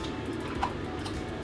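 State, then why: Not seated. An interchangeable plug adapter for the Tripollar STOP Vx RF skin tightening device is picked out and lined up with the charger body before being slotted in and twisted. Faint handling taps and light rustling are heard, with a small tick around 0.6 s. Nothing has seated or clicked yet.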